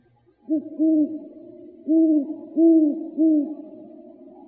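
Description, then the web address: Great horned owl hooting, five deep, soft hoots in an uneven series, the middle ones longer, with a faint low rumble beneath. Arizona, 23 September 2007. "Owls AZFO GHOW 5 deviche 092307"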